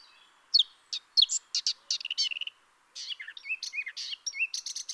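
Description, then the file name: Eurasian blackcap song of quick, scratchy notes and a lively, varied warble with short whistled phrases, broken by one brief pause. "Sylvia atricapilla"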